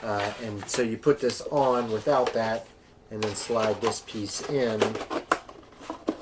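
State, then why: Not seated. Someone talks while handling a plastic clone trooper armor leg section, sliding it onto its mating leg piece, with a few brief handling taps near the end. The clip ends before the piece goes home; nothing has seated or clicked into place yet.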